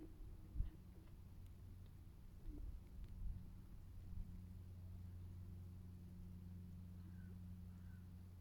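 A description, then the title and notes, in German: Ice on a frozen lake cracks under the sun's warmth, giving a few dull low thumps and knocks in the first four seconds, the sharpest near the start. A steady low hum runs underneath throughout, and faint short chirps appear near the end. Singendes Eis (1). Die Sonne scheint auf den zugefrorenen See und erwärmt das Eis, welches mit lautem Knacken durch die Wärmespannungen bricht.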